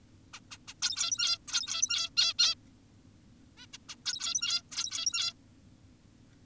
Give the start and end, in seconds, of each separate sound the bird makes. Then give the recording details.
0.34-0.40, 0.51-0.58, 0.68-0.74, 0.82-1.38, 1.48-2.10, 2.17-2.34, 2.39-2.55, 3.58-3.66, 3.74-3.78, 3.89-3.96, 4.06-4.62, 4.72-5.34. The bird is an adult. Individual g17y2U